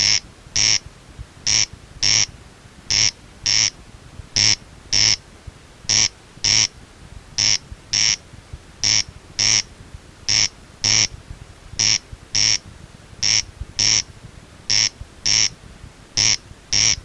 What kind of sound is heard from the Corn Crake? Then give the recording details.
call. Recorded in the wild. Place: Nieder-Ofleiden, DE. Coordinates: 50.7581, 8.97444. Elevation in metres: 220. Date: 1964-05-25 23:30. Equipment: Uher Report 4000, AKG D190. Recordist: Krey, Winfried